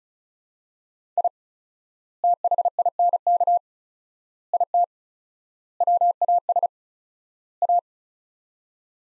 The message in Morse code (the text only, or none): I THINK IT WAS A